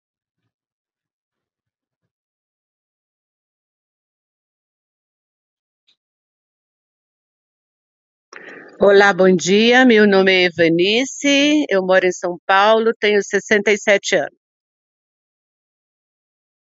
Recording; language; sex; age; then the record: spoken sentence; Brazilian Portuguese; female; 60 to 69 years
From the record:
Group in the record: control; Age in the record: 67 years